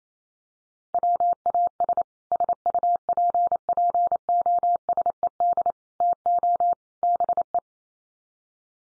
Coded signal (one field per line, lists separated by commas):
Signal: Morse code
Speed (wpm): 28 wpm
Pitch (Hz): 700 Hz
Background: none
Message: WAS SUPPOSED TO BE